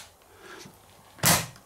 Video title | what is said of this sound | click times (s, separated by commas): Dyson Cordless Vacuum Pulsing or Losing Suction? - Check This Out. Deep Cleaning May be the Answer! | there we go that's snapped into place | 1.3 s